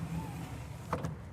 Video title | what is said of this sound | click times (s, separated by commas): Winnebago View 24D | so that just slides across and locks just like that bathroom door did it locks into place | 0.9 s